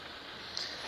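A shelf panel is pressed by hand into its slots in the frame of a multi-shelf plastic cabinet, with steady background noise throughout. A single sharp click at 0.6 s marks the panel seating into place.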